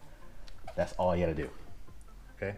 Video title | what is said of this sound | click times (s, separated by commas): BMW X5 N63/S63TU Spark Plug Change | you plug back in you just close the lever it clicks back in there | 0.5 s